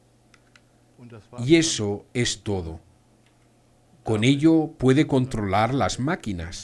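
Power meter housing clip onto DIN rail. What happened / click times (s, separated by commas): The plastic housing clip snapped onto the rail / 0.3 s, 0.6 s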